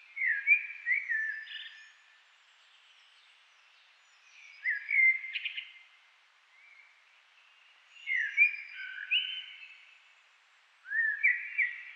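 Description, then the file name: Common blackbird song: several warbled, fluting phrases separated by pauses of a few seconds, the last one cut off. "Turdus merula"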